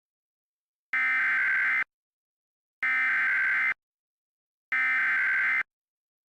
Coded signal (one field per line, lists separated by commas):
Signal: Emergency Alert System (SAME) tones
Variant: header bursts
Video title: EAS-Severe Thunderstorm Warning-Reagan TX